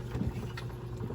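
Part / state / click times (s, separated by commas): hose coupling onto canister filter motor head / seated / 0.6 s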